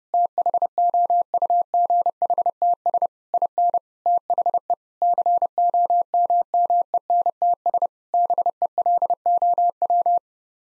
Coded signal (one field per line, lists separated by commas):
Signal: Morse code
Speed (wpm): 30 wpm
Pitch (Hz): 700 Hz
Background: none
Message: THOUGHTS IN THE COMMENTS BELOW